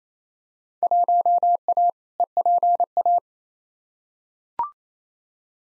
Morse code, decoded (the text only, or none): 1A EPA